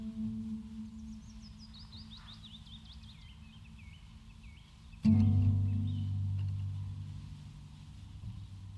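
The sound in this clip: Bird song: a run of quick whistled notes slipping gradually lower over about three seconds, followed by a sudden loud rumbling noise that drowns everything.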